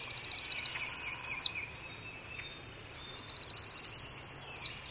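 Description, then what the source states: Northern parula singing: two rapid buzzy trills, each climbing steadily in pitch and ending with an abrupt short drop, separated by a quiet pause. Rapid rising trill sung on a bayou in the morning among cypress trees draped with Spanish moss.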